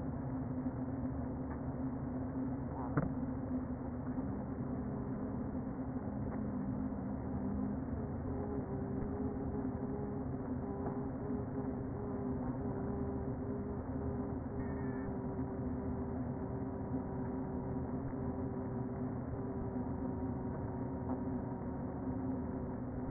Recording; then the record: honeybee colony, microphone inside the hive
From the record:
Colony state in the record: queen present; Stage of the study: before two queens were removed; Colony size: about 60,000 bees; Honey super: yes